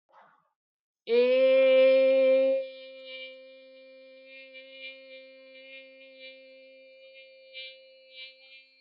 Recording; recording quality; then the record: sustained vowel as in made; excellent, no background noise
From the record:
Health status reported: healthy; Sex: female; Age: 28 years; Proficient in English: yes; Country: India